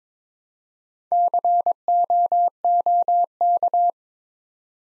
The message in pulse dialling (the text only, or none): none